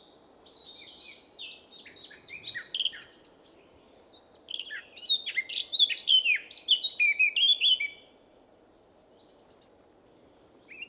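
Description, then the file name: Eurasian blackcap song: soft, scratchy twittering at first, then a loud phrase of rapid, bright, slurred whistles lasting about three seconds, followed by quiet with a few faint notes. "Sylvia atricapilla"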